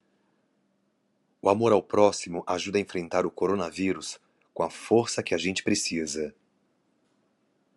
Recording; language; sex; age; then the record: spoken sentence; Brazilian Portuguese; male; 40 to 49 years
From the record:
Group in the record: control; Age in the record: 41 years